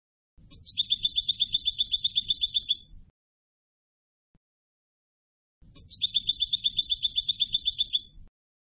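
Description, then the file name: European goldfinch: bird giving a long, even trill of fast repeated notes lasting over two seconds, heard twice, with faint low rumbling underneath. "Carduelis carduelis"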